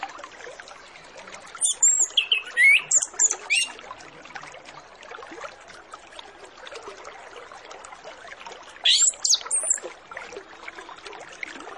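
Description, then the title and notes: Orange-headed Thrush song: an early burst of high, varied whistles and sharp notes, then a second, shorter burst later, over constant hissing background. Full song with varied phrases, used as a lure recording to make Orange-headed Thrushes sing quickly and openly. "Masteran Anis Kembang Full Isian Untuk Suara Pancingan Anis Kembang Agar Cepat Ngeplong. Suara Burung Anis Kembang"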